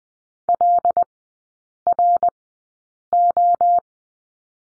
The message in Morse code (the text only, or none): LRO